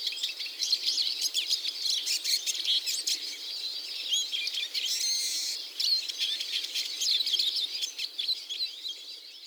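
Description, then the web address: Eurasian siskin calling, a dense stream of high, thin chirps and buzzy twittering notes running continuously. Call; Shiso, 14 March 2024. "koe mahiwa 240314 shiso kaji"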